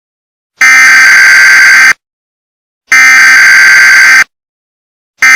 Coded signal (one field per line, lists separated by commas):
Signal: Emergency Alert System (SAME) tones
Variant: header bursts